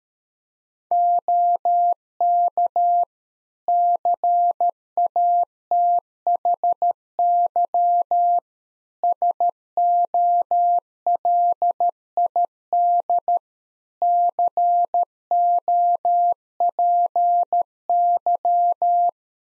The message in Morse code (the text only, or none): OK CATHY SOLID COPY